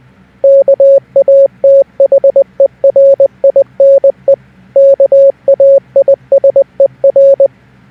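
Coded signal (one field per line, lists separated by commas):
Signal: Morse code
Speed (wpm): 20 wpm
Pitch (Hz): 550 Hz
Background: none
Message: KATHERINE KAISER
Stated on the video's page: Morse code typed on a mobile device using Google's Gboard Morse keyboard.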